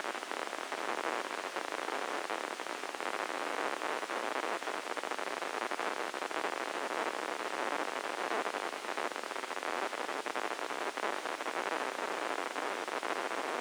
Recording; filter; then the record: brain microelectrode recording played as sound; spike band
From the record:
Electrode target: subthalamic nucleus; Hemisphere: left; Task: reaching with the right hand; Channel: 1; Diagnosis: Parkinson's disease